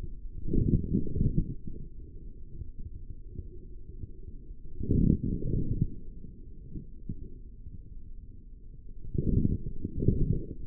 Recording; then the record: forearm muscle sounds (acoustic myography)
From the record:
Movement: forearm supination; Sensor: system 3, bracelet of six PUI Audio POM-2738L microphones around the upper forearm, with dedicated amplification and filtering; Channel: 5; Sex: male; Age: 43 years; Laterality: right